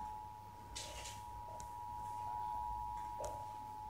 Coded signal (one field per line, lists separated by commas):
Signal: Emergency Alert System (SAME) tones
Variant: 853 and 960 Hz attention tone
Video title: EAS #5 NATIONAL PERIODIC TEST 9/28/16 KABC